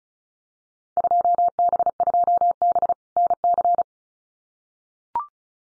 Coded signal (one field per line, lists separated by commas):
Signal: Morse code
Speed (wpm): 34 wpm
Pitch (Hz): 700 Hz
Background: none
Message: 2B2B NC